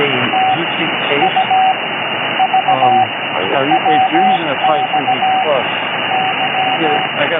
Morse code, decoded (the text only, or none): T U V W X Y